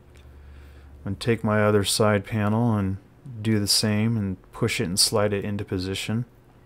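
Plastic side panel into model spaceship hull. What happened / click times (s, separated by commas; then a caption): The plastic panel is handled but has not clicked home yet / none. Someone talks while pushing and sliding the second painted plastic side panel of a Moebius 1/35 scale Jupiter 2 model kit into position on the model spaceship hull, the same way as the first. Only a faint tick at 0.2 s stands out against the quiet background. The clip ends before the panel goes home, and nothing has seated or clicked yet.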